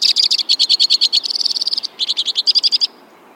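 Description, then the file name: White-winged crossbill song: rapid trills of sharp notes, the pitch stepping up and down between trill sections, ending in a short higher trill, then quiet. "suara-kicauan-burung-white-winged-crossbill -omkicau"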